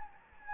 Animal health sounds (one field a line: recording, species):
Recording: mosquito wingbeat signal from an infrared sensor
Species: Anopheles gambiae